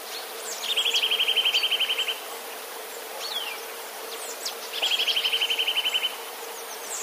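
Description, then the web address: Eurasian nuthatch song: two rapid rattling trills of evenly spaced notes at one pitch, each lasting over a second, with scattered thin calls of other birds. "wroblowe kolekcja kowalik"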